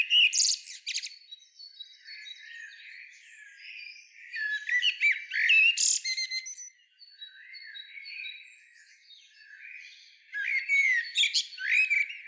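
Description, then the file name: Common blackbird giving scratchy, high-pitched twittering bursts and thin whistles in three main groups, with quieter warbling between them. "Turdus merula"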